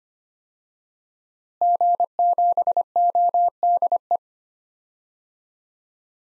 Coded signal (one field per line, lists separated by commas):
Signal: Morse code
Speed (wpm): 25 wpm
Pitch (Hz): 700 Hz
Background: none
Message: G7ODE